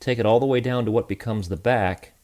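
Someone talks while handling the folded plastic chest and head assembly of a Transformers RiD Warrior Class Fracture transforming robot toy, which is being pushed down toward the back. Nothing has seated or clicked yet.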